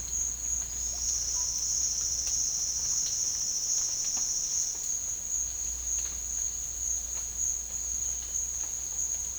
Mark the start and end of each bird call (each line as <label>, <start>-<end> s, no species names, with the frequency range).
bird call (0.3-1.6 kHz), 0.75-1.65 s